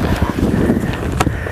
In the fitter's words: make sure it clicks with a heel enough okay